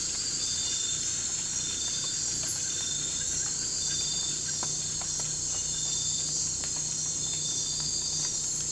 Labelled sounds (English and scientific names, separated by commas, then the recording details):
none
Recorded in pastures near Puerto Asís, Putumayo, Colombia, on 18 December 2024 at 02:00
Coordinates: 0.466, -76.322
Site G040